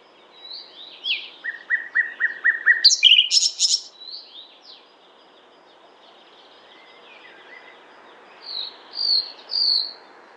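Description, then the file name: Common nightingale song: whistled notes, a run of rapid repeated notes, a loud buzzy rattle, then a pause before a few high whistled phrases. "Luscinia megarhynchos"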